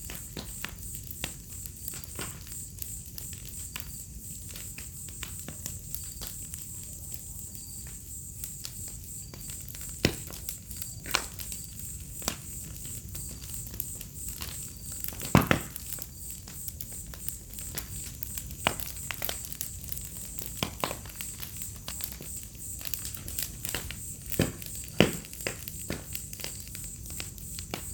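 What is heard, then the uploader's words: A bonfire crackles under a steady, high chorus of crickets that runs unbroken through the whole recording. Sharp pops and snaps break out irregularly, a few every second or two, with louder cracks near 10, 15 and 25 seconds over a low, soft rumble. Fogueira, grilos e estalar do fogo relaxante e inspirador - Bonfire, crickets, firecrackling relaxing and inspiring. Listen to fire crackling and a symphony of crickets on an autumn night. Recorded in High-Quality 456kbps 48kHz.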